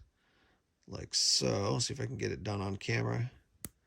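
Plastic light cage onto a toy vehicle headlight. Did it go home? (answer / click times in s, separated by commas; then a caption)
yes / 3.7 s. Someone talks while lining up a plastic light cage, its cutout facing down, over a headlight on a 1:12 Gridiron Studios Shadow Hound toy vehicle. At 3.7 s a single sharp, brief click rings out as the cage is pushed on and clicks into place, seated.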